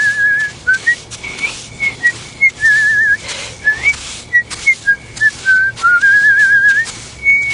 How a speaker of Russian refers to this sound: Мы усадили дедушку и покатили назад. А он всю дорогу насвистывал.